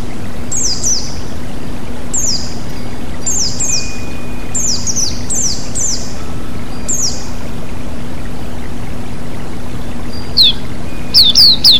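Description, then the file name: White-eye giving sharp, high falling chirps, often in pairs, repeated steadily before a brief rapid burst near the close, with rushing water throughout. With flowing water, for bird therapy. "terapi air mengalir burung pleci"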